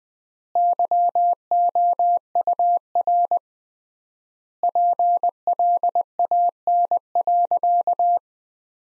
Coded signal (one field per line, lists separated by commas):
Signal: Morse code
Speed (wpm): 21 wpm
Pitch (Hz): 700 Hz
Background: none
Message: YOUR PLAN.